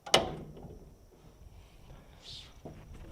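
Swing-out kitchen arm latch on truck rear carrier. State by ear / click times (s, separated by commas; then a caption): seated / 0.1 s. The swing-out kitchen arm on the rear carrier of a camper truck is swung open, and its metal latch locks it into place with a sharp metallic clunk at about 0.1 s. A quieter rustle and a soft knock follow around 2.3 s and 2.7 s, with the arm holding in its locked position.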